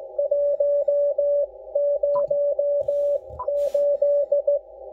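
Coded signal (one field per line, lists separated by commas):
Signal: Morse code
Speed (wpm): 17 wpm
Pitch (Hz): 560 Hz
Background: none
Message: 1 0 8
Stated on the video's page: 40 metre band CW received on an Icom IC-7610 HF SDR transceiver during a weekend.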